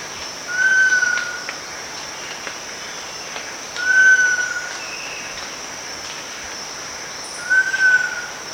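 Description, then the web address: Giant pitta giving a clear, drawn-out whistle that slurs slightly downward, repeated three times about every three and a half seconds over a steady high insect drone. At Danum on 1 August 2009. "DANUM 20090801. giant pitta"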